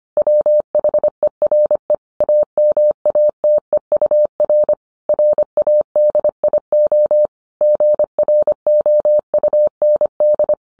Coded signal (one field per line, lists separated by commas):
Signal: Morse code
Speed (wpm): 25 wpm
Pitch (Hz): 600 Hz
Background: none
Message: WHERE AMATEUR RADIO GROUND